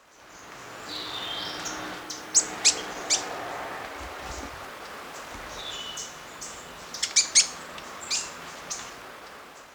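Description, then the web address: Metallic-green tanager giving thin, very high sharp notes in two loose clusters, around two and a half and seven seconds, over a steady hiss of background noise. Ecuador. "Natures Songs S America Birds of Ecuador. Metallic-Green Tanager"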